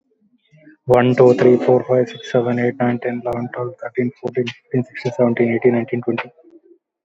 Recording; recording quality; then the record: counting at a fast pace; moderate, slight background noise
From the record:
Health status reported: exposed to COVID-19, no respiratory illness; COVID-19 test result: negative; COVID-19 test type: RT-PCR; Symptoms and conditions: cough, cold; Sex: male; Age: 28 years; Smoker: no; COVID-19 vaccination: both doses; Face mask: worn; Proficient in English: yes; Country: India